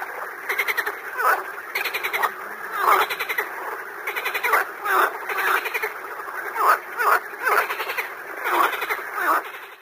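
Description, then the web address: Frogs calling together, grating croaks swelling in bursts every couple of seconds, with a continuous quieter chorus between them. "дикие лягушка"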